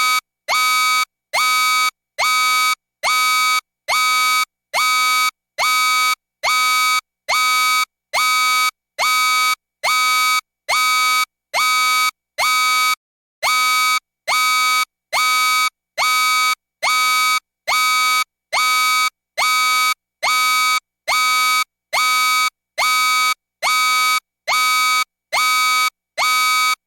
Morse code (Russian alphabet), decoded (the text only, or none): none